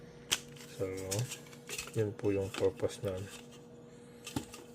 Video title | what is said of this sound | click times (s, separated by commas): Telesin Floating Tripod Selfie Stick Unboxing | And then pag it-turn siya clockwise yan po naka-lock na. | 0.3 s